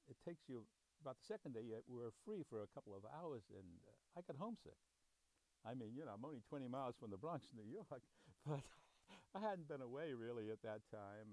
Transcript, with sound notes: it takes you — about the second day, were free for a couple of hours and I got homesick. I mean, you know, I'm only 20 miles from the Bronx and New York but [chuckles] I hadn't been away, really, at that time.